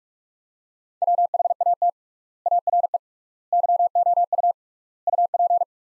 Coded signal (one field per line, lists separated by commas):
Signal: Morse code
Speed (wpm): 42 wpm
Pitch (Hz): 700 Hz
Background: none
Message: WHAT ARE YOU UP